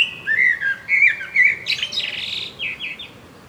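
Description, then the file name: Common blackbird warbling rich whistled notes, then breaking into a rushing high twitter and a few falling squeaky notes at the end. "Turdus merula"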